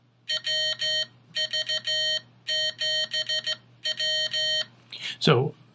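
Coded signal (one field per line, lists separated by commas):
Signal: Morse code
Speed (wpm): 14 wpm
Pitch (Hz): 3100 Hz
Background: speech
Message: WV7W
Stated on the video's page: Morse generated by the Morserino-32 training device.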